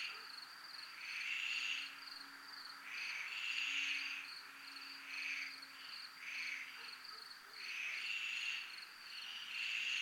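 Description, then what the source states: Crickets trilling, a thin steady high pulse joined by rhythmic louder buzzing swells that come and go every second or two. Recorded in a military zone (zona militar).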